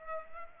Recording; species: mosquito wingbeat signal from an infrared sensor; Culex pipiens